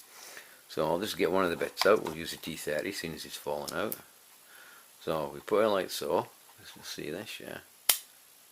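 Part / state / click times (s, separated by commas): screwdriver bit into quick-release bit holder / seated / 7.9 s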